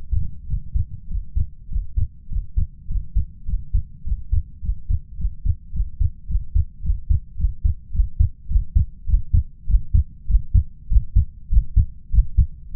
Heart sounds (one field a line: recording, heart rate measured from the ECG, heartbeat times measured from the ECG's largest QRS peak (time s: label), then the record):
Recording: heart sounds by stethoscope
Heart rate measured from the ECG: 103 bpm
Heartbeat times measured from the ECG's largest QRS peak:
0.46 s: heartbeat
1.07 s: heartbeat
1.68 s: heartbeat
2.28 s: heartbeat
2.87 s: heartbeat
3.45 s: heartbeat
4.04 s: heartbeat
4.61 s: heartbeat
5.16 s: heartbeat
5.72 s: heartbeat
6.27 s: heartbeat
6.82 s: heartbeat
7.36 s: heartbeat
7.92 s: heartbeat
8.48 s: heartbeat
9.06 s: heartbeat
9.66 s: heartbeat
10.27 s: heartbeat
10.88 s: heartbeat
11.49 s: heartbeat
12.11 s: heartbeat
12.73 s: heartbeat
From the record:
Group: healthy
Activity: Valsalva maneuver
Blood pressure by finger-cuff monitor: 108/82 mmHg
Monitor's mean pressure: 86 mmHg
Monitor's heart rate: 103 bpm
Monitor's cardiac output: 6.3 L/min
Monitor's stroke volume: 59 mL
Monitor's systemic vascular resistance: 1000 dyn s/cm5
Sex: male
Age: 21 years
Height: 170 cm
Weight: 71 kg